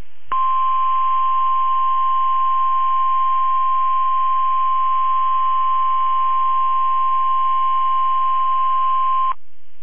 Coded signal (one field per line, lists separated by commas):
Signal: Emergency Alert System (SAME) tones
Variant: 1050 Hz attention tone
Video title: KHB32 Required Weekly Test | EAS #133 (w/ subtitles)